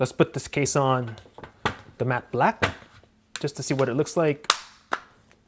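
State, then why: Seated. A carbon fiber protective case is pressed onto the back of a matte black OnePlus 6T smartphone while someone talks. A sharp snap is heard at 4.9 s as the case seats onto the phone, followed by faint ticks.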